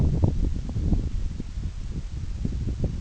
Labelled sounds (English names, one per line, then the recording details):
none
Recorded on Arctic tundra, site NAIT-1, on 26 June 2019
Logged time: 12:00